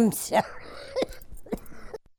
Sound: coughs

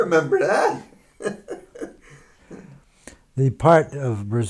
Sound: he laughs

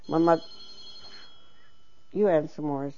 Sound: a telephone rings

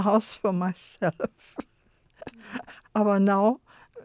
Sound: chuckles

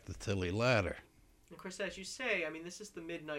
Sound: none

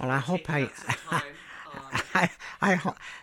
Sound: he laughs

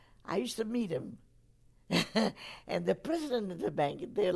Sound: she laughs

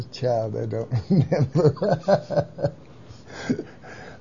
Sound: laughs

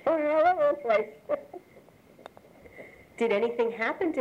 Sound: chuckles

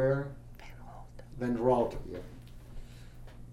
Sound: whispers

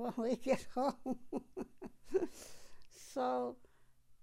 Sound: she laughs

